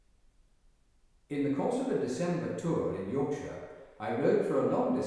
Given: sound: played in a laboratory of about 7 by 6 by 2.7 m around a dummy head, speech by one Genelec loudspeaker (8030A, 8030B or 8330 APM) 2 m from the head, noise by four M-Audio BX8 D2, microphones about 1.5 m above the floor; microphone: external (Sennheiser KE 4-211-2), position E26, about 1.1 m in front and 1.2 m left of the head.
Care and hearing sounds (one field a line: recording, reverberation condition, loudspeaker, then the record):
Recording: male speech in English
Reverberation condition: high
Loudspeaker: in front (0 degrees)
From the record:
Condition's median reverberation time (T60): about 1300 ms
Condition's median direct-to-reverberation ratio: about -4.0 dB